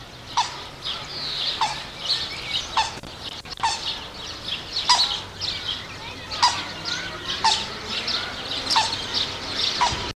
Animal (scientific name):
Grus vipio